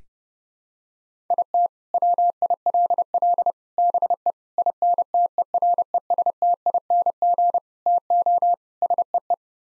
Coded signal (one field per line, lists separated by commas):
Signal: Morse code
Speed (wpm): 30 wpm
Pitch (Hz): 700 Hz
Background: none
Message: IT WILL BE INTERESTING TO SEE